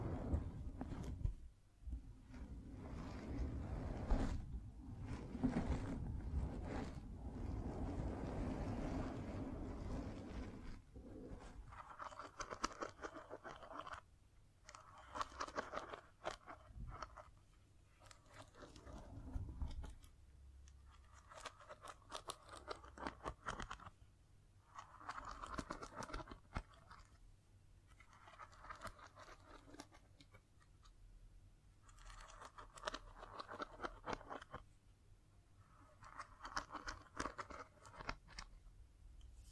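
Scratching and tapping on a surface, opening with about ten seconds of dense, rough rubbing over a low rumble and sharp clicks. After that the sound breaks into short scratchy strokes separated by brief pauses, repeating every two to three seconds until the end.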